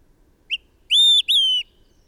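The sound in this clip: Bird song with one quick chip and then a pair of long, level, high whistles, the second drooping slightly, in otherwise quiet surroundings.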